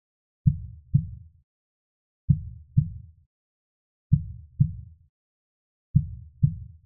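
Four evenly spaced pairs of deep, low thuds, the lub-dub of a heartbeat, come at about 33 beats a minute with long silent gaps between them. This is a markedly slow heartbeat, a sound effect.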